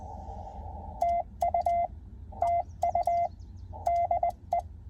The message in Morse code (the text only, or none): TU TU DE